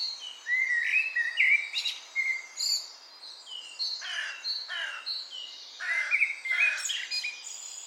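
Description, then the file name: Eurasian blackbird with a warbling phrase early on, then several harsh, broad bursts of sound, with high twittering throughout. "Turdus merula"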